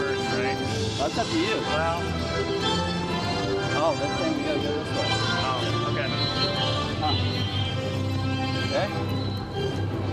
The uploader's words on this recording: A Day at Universal Studios Florida. On this week's show we play audio from the Universal Studios Florida theme park. Listen as you hear us walk the park as we journey from attraction to attraction.